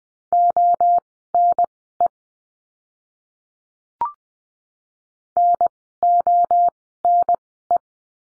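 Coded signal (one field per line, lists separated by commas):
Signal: Morse code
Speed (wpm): 20 wpm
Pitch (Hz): 700 Hz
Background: none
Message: ONE NONE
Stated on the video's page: Morse lesson drill of words with letter D at Farnsworth speed 20/10 wpm.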